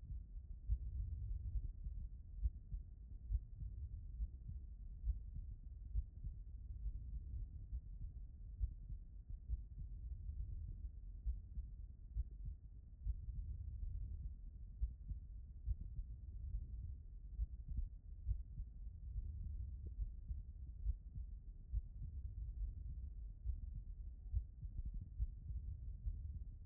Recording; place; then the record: heart sounds by stethoscope; aortic valve (AV)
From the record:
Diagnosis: non-HFrEF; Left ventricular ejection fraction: 49%